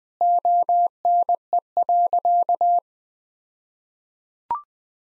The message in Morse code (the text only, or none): ONE.